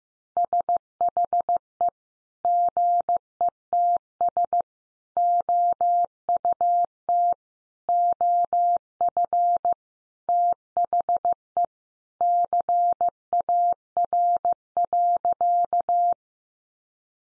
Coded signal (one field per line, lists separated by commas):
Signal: Morse code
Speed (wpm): 15 wpm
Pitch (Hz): 700 Hz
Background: none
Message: SHE GETS OUT OF THE CAR.